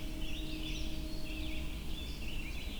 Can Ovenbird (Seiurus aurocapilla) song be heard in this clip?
no